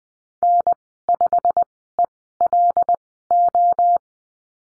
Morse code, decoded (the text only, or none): N5ELO